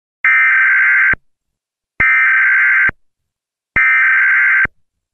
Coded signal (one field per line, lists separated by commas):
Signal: Emergency Alert System (SAME) tones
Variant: header bursts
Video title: eas and eas and eas